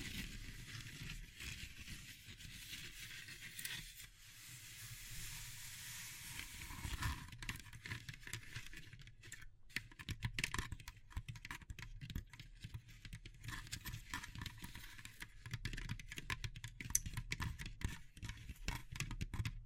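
Wood, bamboo and straw being handled, with a dry rustling wash in the first seven seconds. After that come dense, quick clicks and taps, irregular and closely packed like typing, with crisp bright edges and a low rumble running underneath throughout.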